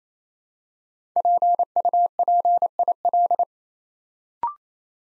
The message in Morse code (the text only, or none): PUPIL